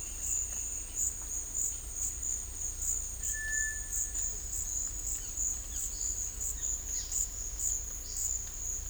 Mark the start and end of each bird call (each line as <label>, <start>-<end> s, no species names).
bird call, 3.17-4.04 s
bird call, 5.17-5.37 s
bird call, 5.69-5.82 s